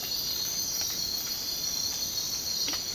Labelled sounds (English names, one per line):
none